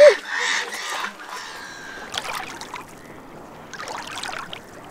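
Ducks and gulls call in a few loud, raspy bursts, the first the longest, with shorter squawks following over a low, steady watery background.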